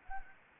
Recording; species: mosquito wingbeat signal from an infrared sensor; Anopheles arabiensis